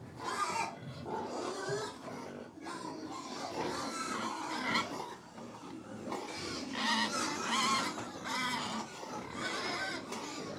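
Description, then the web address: Pigs feeding in a large group, a dense chorus of overlapping squeals, grunts and snorts with bursts of louder squealing throughout. About 100 pigs feeding; livestock. "BBC Sound Effects Library BBC Livestock 1 Approx 100 Pigs Feeding - Middle"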